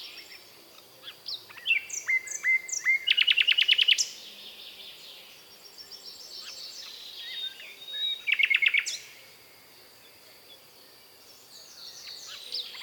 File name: British Library - European Nightingale(Luscinia megarhynchos)